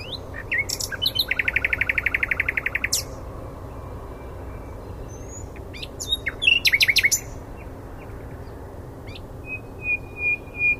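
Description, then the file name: Common nightingale singing: a rapid buzzy rattle of repeated notes, scattered sharp notes after a quiet gap, then short whistles near the end. "Luscinia megarhynchos"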